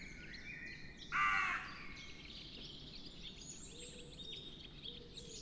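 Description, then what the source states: Carrion crow giving one loud harsh caw of about half a second over steady background noise. Calls exchanged between an individual crow and a group.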